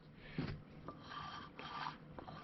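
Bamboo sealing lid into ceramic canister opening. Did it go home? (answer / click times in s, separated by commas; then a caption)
no / none. A bamboo sealing lid is slid down into the mouth of a ceramic coffee canister and lined up, producing soft rubbing and scraping sounds with a few brief taps. Nothing has seated or clicked yet; the lid has not been turned and pushed home.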